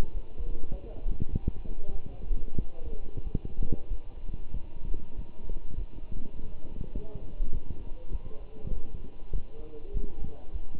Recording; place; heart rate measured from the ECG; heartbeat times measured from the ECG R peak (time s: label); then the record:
heart sounds by stethoscope; between the tricuspid and mitral areas; 98 bpm
0.14 s: heartbeat
0.71 s: heartbeat
1.31 s: heartbeat
1.93 s: heartbeat
2.58 s: heartbeat
3.24 s: heartbeat
3.90 s: heartbeat
4.54 s: heartbeat
5.17 s: heartbeat
5.77 s: heartbeat
6.36 s: heartbeat
6.95 s: heartbeat
7.53 s: heartbeat
8.12 s: heartbeat
8.73 s: heartbeat
9.32 s: heartbeat
9.92 s: heartbeat
10.52 s: heartbeat
From the record:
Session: walking at 3.7 km/h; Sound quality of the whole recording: good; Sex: male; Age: 24 years